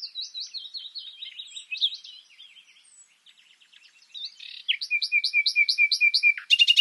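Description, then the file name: Common nightingale song of varied twittering phrases, a quieter passage, then a rhythmic run of sharp repeated notes ending in a rapid rattle. "Luscinia megarhynchos"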